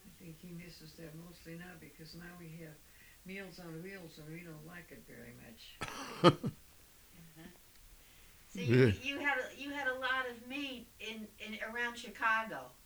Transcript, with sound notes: I think he misses that mostly now because now we have Meals On Wheels, and we don't like it very much. [Laughs]
So you had, you had a lot of meat in, in, around Chicago.